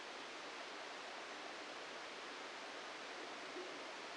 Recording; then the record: brain microelectrode recording played as sound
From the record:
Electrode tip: inside the subthalamic nucleus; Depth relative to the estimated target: 0 mm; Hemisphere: left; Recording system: NeuroSet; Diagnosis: Parkinson's disease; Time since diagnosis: 14 years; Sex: male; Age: 51 years